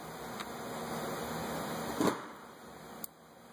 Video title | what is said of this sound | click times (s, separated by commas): Spark plug replacement 2008 Ford Focus 2.0L ignition coil. How to change plugs | push that on until you hear it clicks, and that is replacing your spark plug. | 3.0 s